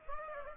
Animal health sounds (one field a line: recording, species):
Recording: mosquito wingbeat signal from an infrared sensor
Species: Aedes aegypti